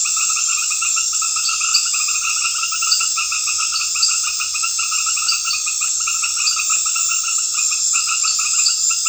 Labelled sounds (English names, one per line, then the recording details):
none
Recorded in pastures near Puerto Asís, Putumayo, Colombia, on 28 February 2025 at 19:00
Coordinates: 0.502, -76.324
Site GP07